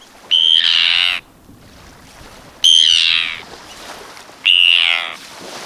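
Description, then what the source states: Arctic Tern calls: three harsh, grating high-pitched cries, each about a second long, spaced roughly two seconds apart. Arctic terns breed in the Arctic and winter in the Antarctic.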